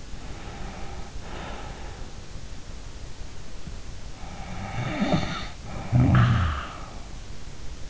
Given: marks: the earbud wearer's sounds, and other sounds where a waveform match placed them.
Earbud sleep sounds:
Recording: sounds in sleep by an in-ear microphone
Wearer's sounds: breath, snoring breath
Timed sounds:
0.20-2.02 s: breath
4.20-7.26 s: snoring breath

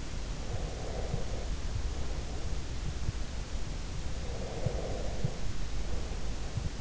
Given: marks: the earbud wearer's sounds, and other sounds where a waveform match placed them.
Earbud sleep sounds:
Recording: sounds in sleep by an in-ear microphone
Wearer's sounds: breath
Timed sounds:
0.52-2.80 s: breath
4.26-6.40 s: breath

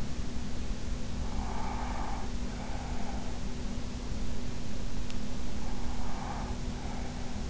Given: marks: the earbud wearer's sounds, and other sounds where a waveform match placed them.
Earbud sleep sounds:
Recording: sounds in sleep by an in-ear microphone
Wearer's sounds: breath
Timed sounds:
1.27-3.33 s: breath
5.86-7.50 s: breath

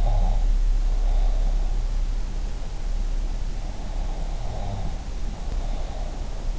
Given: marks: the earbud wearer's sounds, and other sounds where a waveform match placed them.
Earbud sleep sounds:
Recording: sounds in sleep by an in-ear microphone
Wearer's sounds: breath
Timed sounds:
0.00-1.48 s: breath
3.97-6.24 s: breath

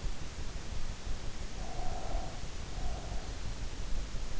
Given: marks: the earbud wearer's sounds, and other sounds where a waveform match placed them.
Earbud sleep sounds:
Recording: sounds in sleep by an in-ear microphone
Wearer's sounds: breath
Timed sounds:
1.43-3.38 s: breath

